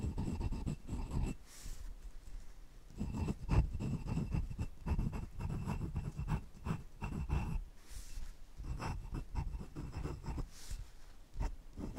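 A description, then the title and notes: Pens scratch across paper in short, uneven strokes, with brief pauses between bursts. The scratching is mostly low and grainy, with occasional sharper taps and a few soft, airy swishes around two, eight and eleven seconds. Pure Writing Sounds ASMR Satisfying • Glass • Fountain • Ballpoint • Gel.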